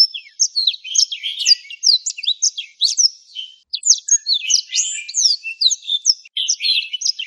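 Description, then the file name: Black-throated canary, lively song of fast high chirps and slurred whistles in tumbling phrases, briefly pausing before continuing. "suara burung blackthroat"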